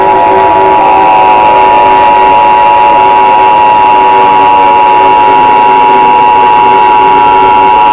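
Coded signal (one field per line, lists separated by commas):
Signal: Emergency Alert System (SAME) tones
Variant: 853 and 960 Hz attention tone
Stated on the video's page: Fictional EAS scenario.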